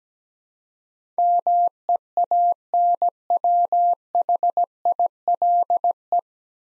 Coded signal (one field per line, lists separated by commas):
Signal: Morse code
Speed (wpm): 17 wpm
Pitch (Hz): 700 Hz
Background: none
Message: MEANWHILE